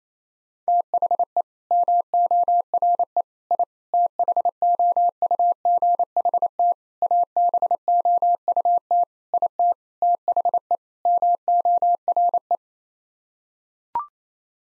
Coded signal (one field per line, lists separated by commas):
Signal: Morse code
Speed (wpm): 28 wpm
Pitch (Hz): 700 Hz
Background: none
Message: THE MORE I THOUGHT ABOUT IT THE MORE